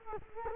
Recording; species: mosquito wingbeat signal from an infrared sensor; Culex quinquefasciatus